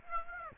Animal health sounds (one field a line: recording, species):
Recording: mosquito wingbeat signal from an infrared sensor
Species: Aedes aegypti